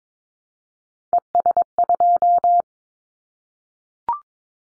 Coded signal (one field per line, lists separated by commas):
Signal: Morse code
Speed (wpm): 22 wpm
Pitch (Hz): 700 Hz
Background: none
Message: ES2